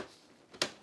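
A removable battery pack, with two connector points and a release button, is tilted and pushed into a TICWELL WHALE SW301 cordless vacuum and floor washer. After a faint bump at 0.5 s, a sharp, bright click at 0.6 s marks the battery seating firmly in place.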